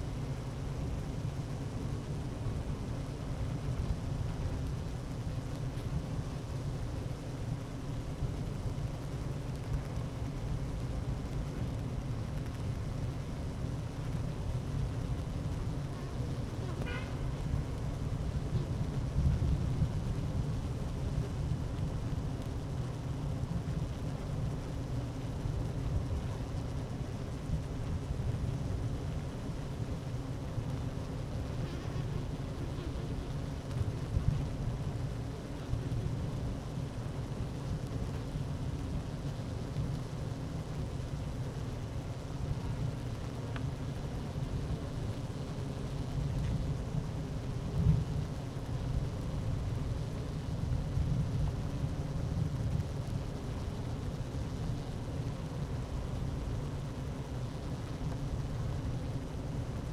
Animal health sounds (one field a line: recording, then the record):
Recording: honeybee colony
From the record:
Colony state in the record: active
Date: 12 June 2018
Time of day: 11:53